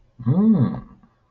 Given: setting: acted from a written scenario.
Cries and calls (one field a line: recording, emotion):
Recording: vocal sound without words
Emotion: realization